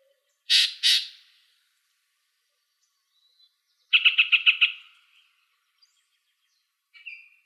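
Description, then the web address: Yellow-breasted Chat song: two harsh, broad notes, then a rapid burst of several clipped notes, and a short whistled note near the end. Arizona Field Ornithologists sound library recording, filed under other warblers; apparently recorded 24 April 2004. "Sound Library Other Warblers AZFO YBCH deviche 042404"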